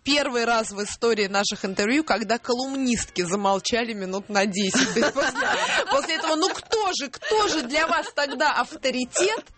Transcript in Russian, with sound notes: Первый раз в истории наших интервью, когда колумнистки замолчали минут на 10. (смех) После этого: «Ну кто же, кто же для вас тогда авторитет?»